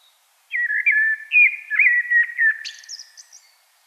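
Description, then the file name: Common blackbird song: a long, mellow fluted warble ending in a brief high, squeaky twitter; no other sounds. "Turdus merula"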